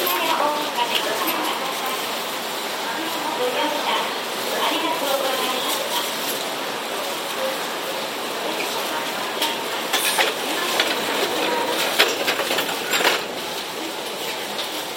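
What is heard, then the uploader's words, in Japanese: A ride aboard a Tokyu 7700 series train running from Kamata toward Gotanda, with a steady, dense rolling roar throughout. Faint voices murmur underneath, and brief bright clatters and squeaks come through around ten, twelve and thirteen seconds. 東急7700系 蒲田→五反田。東急7700系（7001F）蒲田→五反田。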